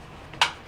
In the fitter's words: kind of snap in place as you go around you'll feel it going into place you